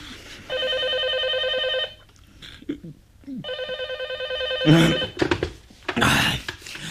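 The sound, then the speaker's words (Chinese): A telephone rings persistently in the afternoon, waking a man from a drunken sleep: two long, steady bursts separated by a short pause, a bright buzzing trill of stacked tones, followed by a few rustling, clattering handling noises. “直到第二天午后才被持续不断的电话铃声勉强唤醒。”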